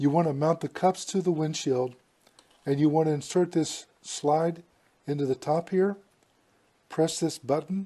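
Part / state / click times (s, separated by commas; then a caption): windshield mount bracket slide into radar detector top slot / not seated / none. Someone talks while handling an Escort Passport S55 radar laser detector and its windshield mount, whose suction cups go on the windshield, inserting the mount bracket's slide into the top slot of the detector while pressing a button. Nothing has seated or clicked yet; the slide has not locked in by the end of the clip.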